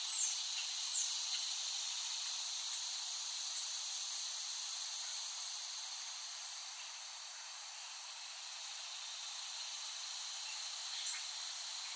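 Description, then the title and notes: Cicada chorus as a steady high buzzing drone, with a few brief sharp sounds near the start and end. Cicadas recorded in West Brighton, Staten Island, late summer 2008. "The Cicadas of Summer. Recording of cicadas made by Dan Bodah in West Brighton, Staten Island, late summer 2008"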